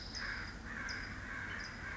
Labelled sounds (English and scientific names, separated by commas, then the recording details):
California Towhee (Melozone crissalis)
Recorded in Sonoma County, California